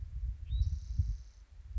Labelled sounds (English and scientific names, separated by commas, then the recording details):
Spotted Towhee (Pipilo maculatus)
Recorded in Sonoma County, California